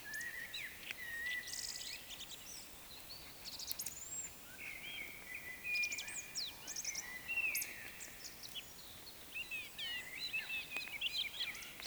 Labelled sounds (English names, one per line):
Eurasian Woodcock whistle
Eurasian Woodcock croak